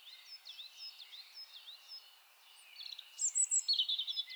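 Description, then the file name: European robin delivering a series of thin, high slurred notes, followed by a louder, rapid jingling trill of high tinkling notes. "Erithacus rubecula"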